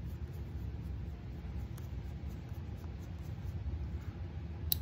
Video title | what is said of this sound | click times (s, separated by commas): 49cc Chinese scooter trike , fix head lights, blinkers, and brake lights part 3 | the whole thing will pop off. | 4.7 s